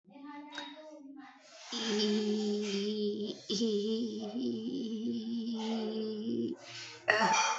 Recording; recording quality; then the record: sustained vowel as in beet; excellent, no background noise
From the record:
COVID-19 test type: RT-PCR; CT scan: not taken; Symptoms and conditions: cough, cold, breathing difficulty, sore throat, fever, fatigue, muscle pain, loss of smell and taste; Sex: female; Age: 22 years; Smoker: no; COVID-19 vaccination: both doses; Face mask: not worn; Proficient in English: yes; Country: India